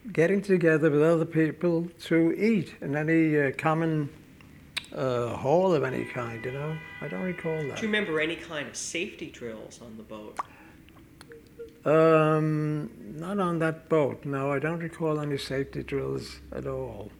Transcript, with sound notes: getting together with other people to eat in any common hall of any kind, you know. (exterior traffic noise can be heard) I don't recall that.
Do you remember any kind of safety drills on the boat?
Not on that boat, no I don't recall any safety drills at all.